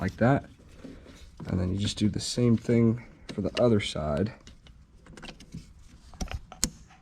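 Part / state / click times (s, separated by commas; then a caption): fuel line quick-connect fitting onto inline fuel filter of outboard motor / seated / 6.6 s. Someone talks while a quick-connect fuel line fitting on the other side is pushed onto the new inline fuel filter of a Mercury 75-115 HP outboard motor. After a few faint clicks and handling noises, a sharp snap at 6.6 s shows the connector has seated on the filter.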